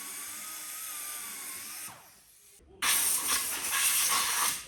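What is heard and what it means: During a turbocharger rebuild, a small metal part, a retaining ring or piston ring on the shaft assembly, is being pressed into its place in the turbo shaft or housing. A steady hiss with a faint wavering tone runs for about two seconds and dips quieter, then a louder, broad rushing hiss starts at about 2.8 s and fades near the end. Nothing has seated yet.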